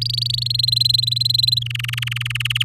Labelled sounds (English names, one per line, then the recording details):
Domestic Canary song
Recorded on 9 May 2018 at 06:20
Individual llb16